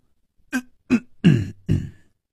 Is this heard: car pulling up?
no